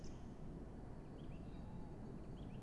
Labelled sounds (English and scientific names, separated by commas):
Tawny Owl (Strix aluco)